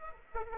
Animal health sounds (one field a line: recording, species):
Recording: mosquito wingbeat signal from an infrared sensor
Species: Aedes aegypti